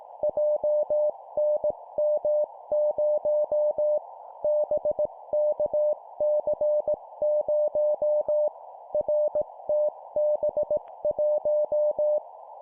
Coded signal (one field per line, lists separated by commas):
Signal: Morse code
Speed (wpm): 18 wpm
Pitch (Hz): 600 Hz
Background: none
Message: JNM0 BKC0 RTB1